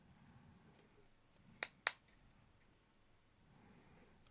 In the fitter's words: hear a pop but it's not fully in